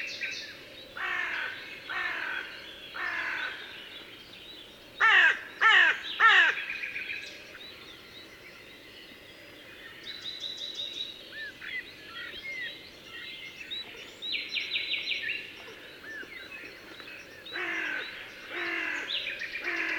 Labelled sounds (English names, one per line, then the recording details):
Hooded Crow call
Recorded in the wild
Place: Dumbraveni, Transilvania, RO
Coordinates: 46.23, 24.575
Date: 1976-06-05
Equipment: Nagra III BH, Sennheiser MD 21, parabola
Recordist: Schubert, Michael